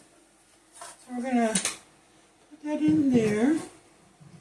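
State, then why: Not seated. A bread pan is handled as it goes into a Zojirushi Supreme bread machine while someone talks in two short bursts, with quiet pauses between. The pan has not clicked or seated in the machine yet.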